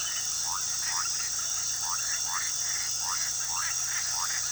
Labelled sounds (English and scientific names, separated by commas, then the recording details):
none
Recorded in pastures near Puerto Asís, Putumayo, Colombia, on 20 February 2024 at 23:00
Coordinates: 0.466, -76.323
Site G6384